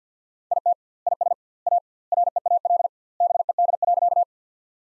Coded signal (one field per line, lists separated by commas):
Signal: Morse code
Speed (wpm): 50 wpm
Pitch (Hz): 700 Hz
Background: none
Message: IT IS A REAL BED.